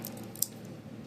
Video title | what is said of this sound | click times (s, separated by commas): AMAZING- TFCC Slipstream | It It does click. | 0.4 s